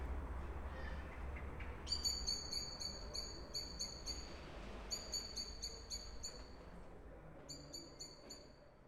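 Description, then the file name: Swift screaming calls: three bursts of rapid, pulsed high notes over a steady low rumble. "martinets"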